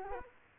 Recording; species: mosquito wingbeat signal from an infrared sensor; Culex quinquefasciatus